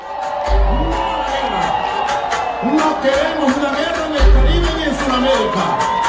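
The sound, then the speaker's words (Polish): A large crowd of Nicolás Maduro's supporters at a rally in Caracas, Venezuela, cheers and shouts continuously, with overlapping voices, whoops and a deep, booming low rumble surging in waves throughout. “W Caracas zwołał wielki wiec swoich zwolenników.”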